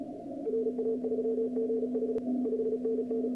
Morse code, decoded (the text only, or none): RA3GH 5NN